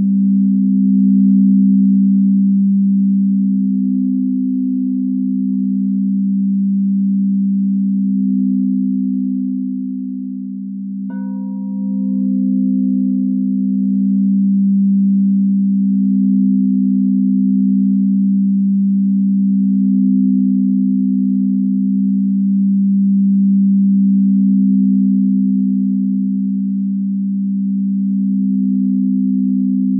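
A singing bowl hums with a steady low drone throughout, swelling gently, while a second strike near eleven seconds adds a brief ringing overtone.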